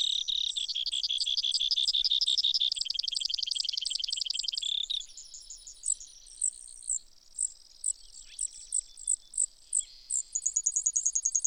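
Brewer's sparrow song: a rapid, dense trill first, then a slower series of evenly spaced high notes, finishing with another fast trill.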